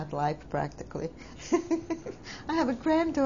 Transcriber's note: she laughs